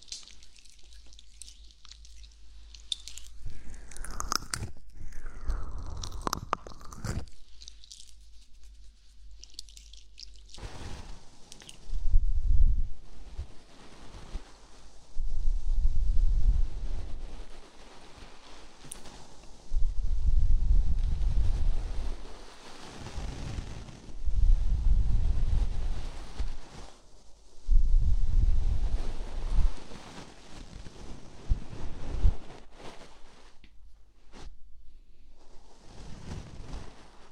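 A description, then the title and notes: Soft brushing for a gentle ear cleaning massage, with a quiet, near-silent opening and a few light sweeps around five seconds. From about twelve seconds on, slow rustling strokes swell and fade every few seconds, each with a low, muffled rumble, thinning out near the end. Massage Gentle Brush Ear Cleaning.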